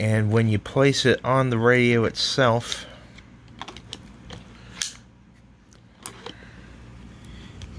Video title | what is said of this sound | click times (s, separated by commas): Baofeng/Radioddity UV5RX3 and accessories | it does SNAP into place | 4.8 s